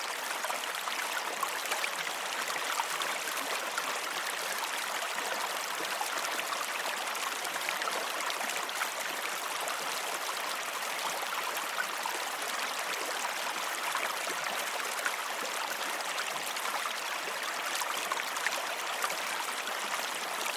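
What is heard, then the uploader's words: A river runs steadily, its rushing and trickling water forming a dense, even hiss that stays unchanged from start to finish. The sound is bright, with no low rumble and no separate events or other sounds standing out. Calming Sounds of a Peaceful River.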